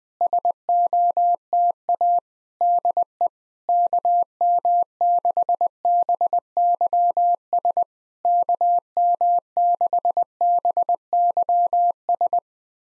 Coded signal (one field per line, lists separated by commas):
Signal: Morse code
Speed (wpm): 20 wpm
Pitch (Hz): 700 Hz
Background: none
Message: SOTA DE KM6BYS KM6BYS